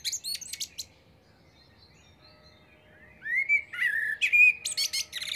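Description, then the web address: Common blackbird song: high thin chips at the start, a pause, then a fluty warbling phrase ending in a sharp high twitter. "SETE data Turdus merula"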